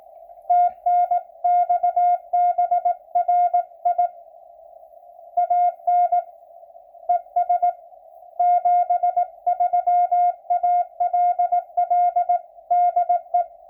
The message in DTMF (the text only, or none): none